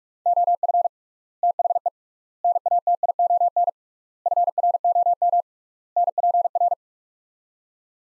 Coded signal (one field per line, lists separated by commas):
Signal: Morse code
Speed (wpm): 44 wpm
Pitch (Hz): 700 Hz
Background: none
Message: OF THE NATION FROM NPR